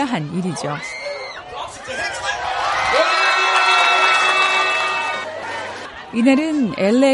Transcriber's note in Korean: 현장음: 오렌지 카운티 축구 경기장